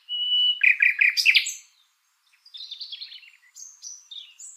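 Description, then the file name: Common nightingale song: a pure sustained whistle, then a burst of loud rich trills and chirps, a brief pause, and softer varied twittering phrases. "Luscinia megarhynchos"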